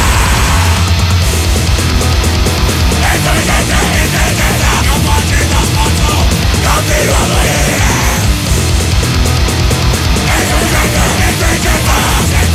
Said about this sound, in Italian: Perché quello che state sentendo sotto la nostra voce, questo muro impenetrabile di massicce discordanze